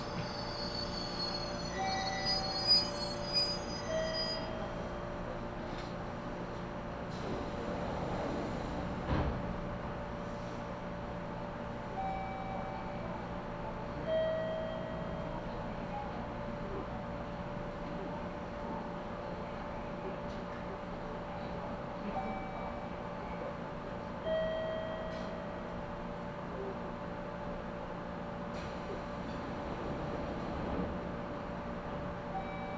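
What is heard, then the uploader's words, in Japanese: Inside a train on the Kagoshima Main Line, a steady low rumble with a constant hum and brief squeals and clunks around ten and thirty seconds. 鹿児島本線・筑豊本線 九州工大前→折尾→本城。北九州市内の工業地帯を行くので貨物用の側線が多く並んでいて。スペースワールド駅で特急を待避し折尾駅に到着します。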